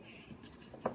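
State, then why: Seated. A cut-out wooden door panel is fitted back into its opening on a modified 10-frame Langstroth hive box being adapted to hold 7 Flow frames. After a faint knock at 0.7 s, a sharp knock at 0.9 s marks the door seating in place.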